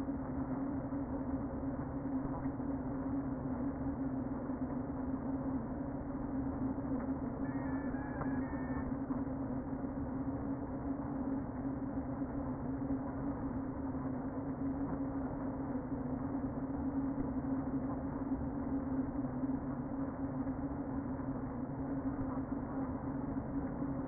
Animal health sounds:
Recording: honeybee colony, microphone inside the hive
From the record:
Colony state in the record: queen present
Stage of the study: before two queens were removed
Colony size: about 60,000 bees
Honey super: yes

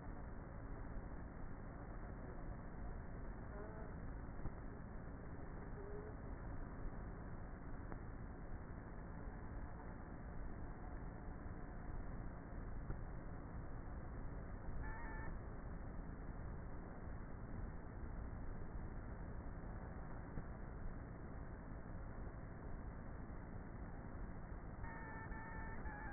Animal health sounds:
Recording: honeybee colony, microphone inside the hive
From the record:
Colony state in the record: queenless with a low population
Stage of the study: before two queens were removed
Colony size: about 30,000 bees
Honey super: no

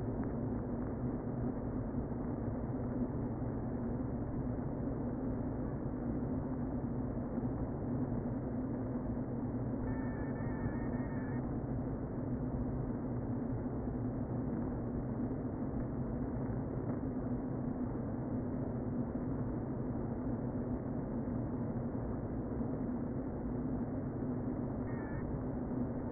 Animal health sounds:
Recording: honeybee colony, microphone inside the hive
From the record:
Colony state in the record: queen present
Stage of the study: before two queens were removed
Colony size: about 60,000 bees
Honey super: yes

